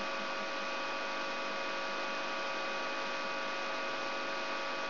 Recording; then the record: brain microelectrode recording played as sound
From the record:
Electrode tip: outside the subthalamic nucleus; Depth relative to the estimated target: -4 mm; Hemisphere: right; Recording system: AlphaMap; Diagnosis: Parkinson's disease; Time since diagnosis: 23 years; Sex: male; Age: 65 years